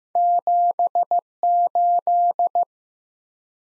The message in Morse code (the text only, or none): 78